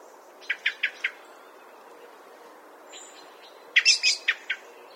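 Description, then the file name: Common blackbird with four spaced sharp chink notes, a pause, then a quicker chattering cluster of louder notes. "Turdus merula"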